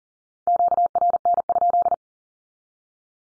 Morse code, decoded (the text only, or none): QRN?